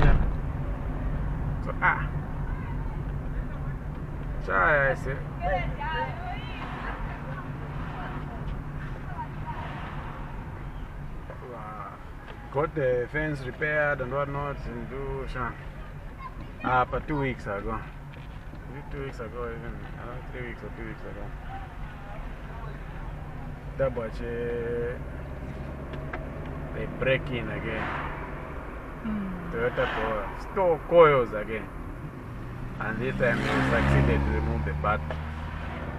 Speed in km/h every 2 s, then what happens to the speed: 24, 24, 22, 23, 22, 15, 10, 11, 11, 11, 13, 13, 19, 28, 34, 35, 27, 15.
0-8 steady at about 23. 8-12 slows to 10. 12-22 steady at about 11. 22-28 speeds up to 34. 30-36 brakes to 15.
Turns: 12-18.